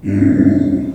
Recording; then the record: squeal of a Yucatan mini pig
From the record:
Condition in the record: after surgery on the right vocal fold (resection and tissue-engineered implant); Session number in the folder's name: 4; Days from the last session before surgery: 26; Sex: female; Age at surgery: 19 weeks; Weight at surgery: 25 kg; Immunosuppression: prednisolone